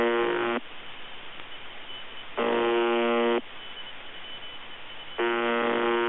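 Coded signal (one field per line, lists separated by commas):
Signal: channel marker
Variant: UVB-76 (The Buzzer)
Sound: harsh, rasping buzzes about a second long, repeating every couple of seconds over hiss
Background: radio static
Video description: UVB-76 "The Buzzer" sounds a bit broken. Received in Denmark with Airspy HF+ and Gqrx SDR on 2017-10-21 23:53z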